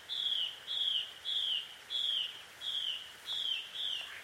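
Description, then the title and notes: Bird calls, a series of seven clear whistled notes, each slurring downward, repeated about every half second over a soft background hiss. Bird pair quarrelling at dusk in Takao, Japan. "鳥の夫婦喧嘩 – Birds Quarrel At Dusk. Recorded in Takao Japan"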